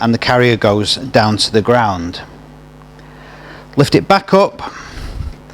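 Someone talks while the tilt mechanism of a Thule towbar-mounted bike carrier is handled, the carrier having been tilted down to the ground and now being lifted back up toward upright. Faint ticks and low rumble sit between the talk, and nothing has seated or clicked yet.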